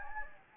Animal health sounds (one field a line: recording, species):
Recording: mosquito wingbeat signal from an infrared sensor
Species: Anopheles gambiae